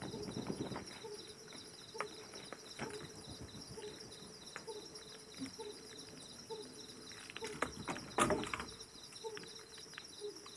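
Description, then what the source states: Pallid scops owl giving a series of soft, low hoots, alongside a persistent high insect drone, sharp clicks and a brief loud crackle. Male hooting, recorded with the wingbeats of bats audible.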